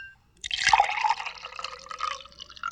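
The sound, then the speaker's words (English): Beaujolais wine is poured steadily into a glass, a bright gurgling splash that starts abruptly and runs for a couple of seconds with a rising, bubbling tone. “This is a glass of Beaujolais.”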